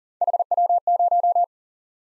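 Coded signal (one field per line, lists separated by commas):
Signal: Morse code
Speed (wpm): 40 wpm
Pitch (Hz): 700 Hz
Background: none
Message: HW0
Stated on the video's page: Three-character letter-number practice drill at 30 wpm, starting fast and slowing to a base speed; the final repeat is sent at maximum speed, 1.5 times the slowest.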